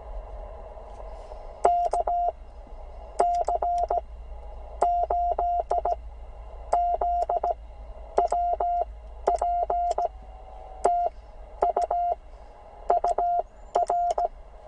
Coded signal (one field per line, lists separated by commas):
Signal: Morse code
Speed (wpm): 17 wpm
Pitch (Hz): 700 Hz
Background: none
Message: KC8ZWP TU UR